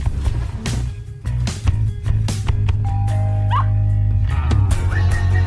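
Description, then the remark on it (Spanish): A dog gives a couple of short, high yips over a busy background of steady humming tones and chime-like notes, with sharp clicks and knocks scattered throughout. “De acuerdo, ha ladrado.”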